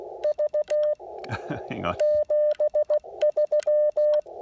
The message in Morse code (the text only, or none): V 73